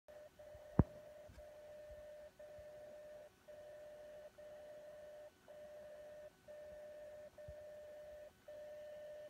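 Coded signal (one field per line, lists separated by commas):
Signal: radio time signal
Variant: DCF77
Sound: steady low tone interrupted by short gaps once per second, one second skipped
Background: radio static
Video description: Display accurate time and date from the atomic clock at PTB in Braunschweig, transmitted from Frankfurt by DCF77 on 77.5kHz.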